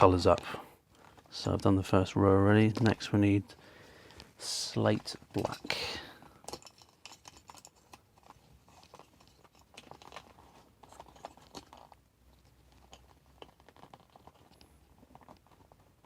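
Someone talks while handling the slate/black wire's crimped terminal and pushing it toward a plastic multi-way bulkhead connector (C0233) while wiring Td5 instruments into a 300Tdi Defender. Soft handling rustles and small sharp ticks follow the talking. The terminal has not clicked into the housing yet, so nothing has seated.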